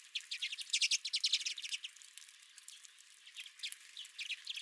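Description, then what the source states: Redpolls giving rapid, buzzy chattering calls in quick repeated bursts, then quieter scattered chirps. Several redpolls at the recordist's own feeder.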